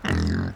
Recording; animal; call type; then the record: contact call of a hoofed animal; wild boar; grunt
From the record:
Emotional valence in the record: positive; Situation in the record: food anticipation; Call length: 0.55 s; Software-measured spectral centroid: 2050 Hz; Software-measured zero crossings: 1060 a second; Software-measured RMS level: -24 dBFS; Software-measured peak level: -14 dBFS